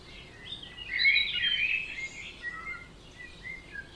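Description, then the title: Birds singing in a dawn chorus, overlapping high warbles and chirps with one louder twittering phrase in the middle, softer calls continuing behind. Dawn chorus at 4am in Oberhofen, Inntal, Austria; binaural, for headphones. "Birds Oberhofen Inntal Austria - 4am - binaural version"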